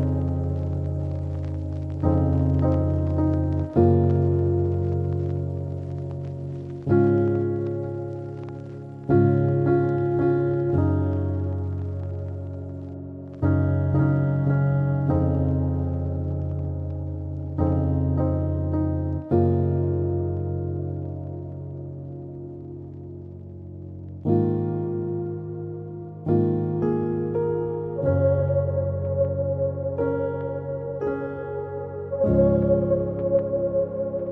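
A soft upright piano plays slow, sustained chords, each struck and left to ring and fade before the next arrives every two to four seconds. The tone sits in the low and middle register, mellow rather than bright, with no other sounds.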